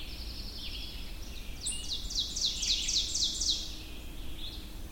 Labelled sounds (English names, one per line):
Ovenbird song